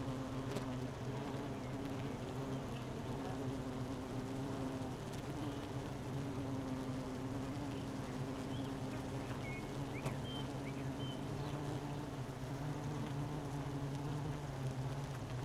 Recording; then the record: honeybee colony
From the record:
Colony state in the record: missing queen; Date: 31 May 2018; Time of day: 12:05